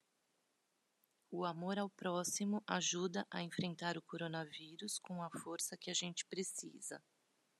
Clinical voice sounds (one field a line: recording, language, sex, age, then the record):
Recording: spoken sentence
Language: Brazilian Portuguese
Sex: female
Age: 40 to 49 years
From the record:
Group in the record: control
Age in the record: 46 years